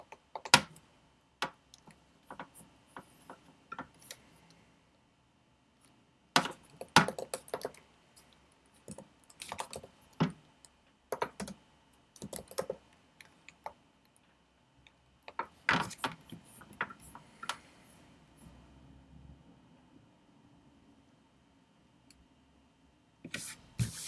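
Studying with a pencil and a computer: sharp, irregular clicks and taps from a keyboard and mouse come in short clusters, with busier bursts around 6–8, 10–12 and 15–18 seconds. A soft, steady hiss and low hum continue underneath between the clicks.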